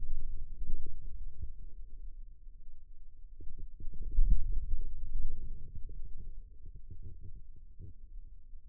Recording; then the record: forearm muscle sounds (acoustic myography)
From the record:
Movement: inward rotation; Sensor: system 2, bracelet of six BSWA MPA416 microphones around the upper forearm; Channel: 2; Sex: male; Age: 22 years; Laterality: right